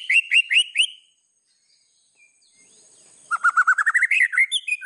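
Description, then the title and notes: White-rumped shama song: a few sharp descending whistled notes, a pause, then a quick series of rising whistled notes with high chirps layered above. Lure call used for trapping. "Pikat Murai Batu. Burung Murai Batu"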